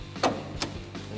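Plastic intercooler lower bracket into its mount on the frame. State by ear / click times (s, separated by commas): seated / 0.2 s, 0.6 s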